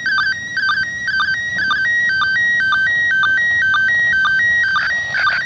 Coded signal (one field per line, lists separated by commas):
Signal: SSTV (slow-scan television)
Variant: PD 120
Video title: ARISS SSTV Lunar Exploration Dec. 31, 2021 10:35pm pst grid-PK04